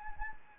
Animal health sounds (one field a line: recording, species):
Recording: mosquito wingbeat signal from an infrared sensor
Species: Anopheles gambiae